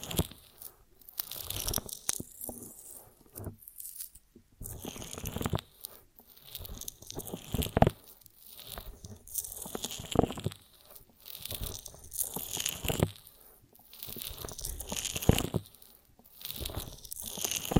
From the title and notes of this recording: ASMR of a Honeycomb on Branch (No Talking).